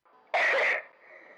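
A single loud, rough cough burst from an adult, lasting about half a second, with a noisy, gurgling quality and a fading rattly tail afterward. It is a wet, productive cough, as heard in bronchiectasis, where mucus collects in the airways.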